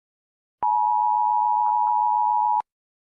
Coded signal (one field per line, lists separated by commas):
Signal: Emergency Alert System (SAME) tones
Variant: 853 and 960 Hz attention tone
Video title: Eas mock: Sarah and duck